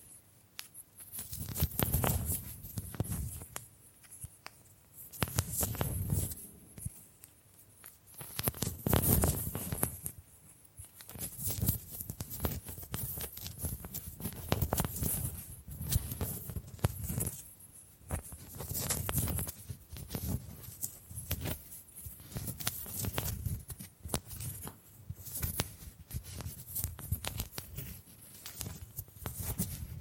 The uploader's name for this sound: Bamboo Tapping, Scratching and Brushing Sounds